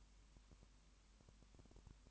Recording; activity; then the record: daily activity, microphone in the room; no activity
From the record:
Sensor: 1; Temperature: 19.2 degrees Celsius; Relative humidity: 37.9%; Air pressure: 1001.1 hPa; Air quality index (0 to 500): 198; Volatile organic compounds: 7 ppm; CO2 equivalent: 2004 ppm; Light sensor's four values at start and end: 1/2/1/1 and 1/2/1/1